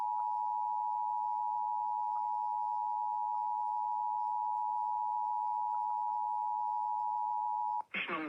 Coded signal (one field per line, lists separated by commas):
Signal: Emergency Alert System (SAME) tones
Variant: 853 and 960 Hz attention tone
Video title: EAS Severe T’storm Warning #41 3/14/25 (Credit Goes To @SouthernPennsylvaniaWX & @KanawhaCountyWX)